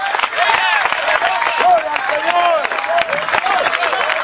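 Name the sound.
audience clapping hands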